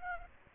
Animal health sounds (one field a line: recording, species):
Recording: mosquito wingbeat signal from an infrared sensor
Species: Aedes aegypti